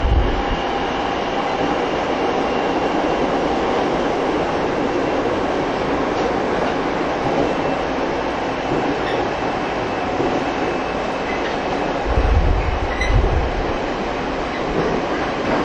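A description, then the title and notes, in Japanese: A TWR 70-000 series train on a Saikyo Line rapid run between Shin-Kiba and Akabane rolls along with a steady, dense roar of running noise and hiss. Low rumbling swells and a few clicks surface around the twelfth to fourteenth second. TWR70-000形 埼京線快速01 新木場～赤羽。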